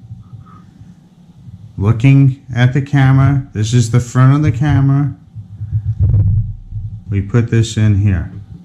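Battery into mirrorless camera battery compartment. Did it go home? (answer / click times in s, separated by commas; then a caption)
no / none. A battery is being handled and pushed into the battery compartment of a Sony A6500 mirrorless camera while someone talks throughout. Nothing has seated or clicked yet; the clip ends just before the battery goes home.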